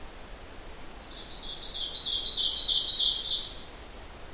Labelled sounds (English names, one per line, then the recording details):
Ovenbird song
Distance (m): 20 m
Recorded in boreal forest in Alberta, Canada, on 12 June 2016 at 07:16
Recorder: SongMeter 3, array SBT-3-18
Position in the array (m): 119 m, 108 m
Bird 29